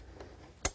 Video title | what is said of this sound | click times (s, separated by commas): Build A PC Repair and Upgrading | until you hear them click into place, and then I'll do these 2 corners | 0.7 s